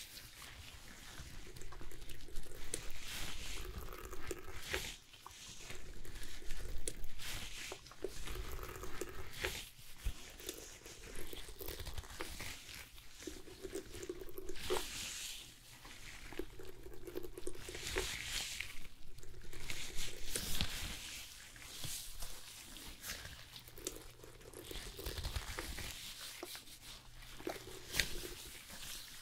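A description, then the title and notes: Haircut sounds at a hair salon: bursts of crisp rustling and crinkling rise and fall every few seconds, separated by brief quieter gaps. A low steady hum runs underneath, with a faint mid-pitched tone coming and going alongside the rustling. Hair Salon Haircut, Perm, Shampoo WLayered Sounds.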